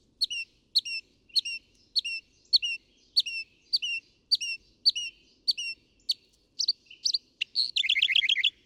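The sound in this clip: Northern mockingbird singing a clear two-part whistled note repeated about every half second, then switching to a quick trilled, buzzy phrase at the end.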